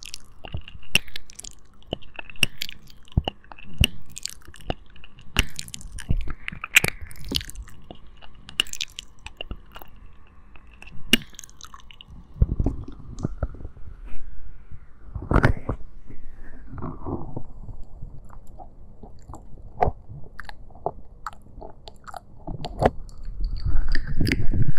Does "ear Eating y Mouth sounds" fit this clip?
yes